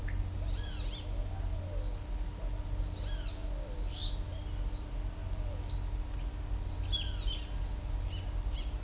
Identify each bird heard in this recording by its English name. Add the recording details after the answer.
Pale-vented Pigeon, Great Kiskadee, Ochre-lored Flatbill. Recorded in shrubland near Pivijay, Magdalena, Colombia, on 1 June 2023 at 07:00. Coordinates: 10.453, -74.365. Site P5-G022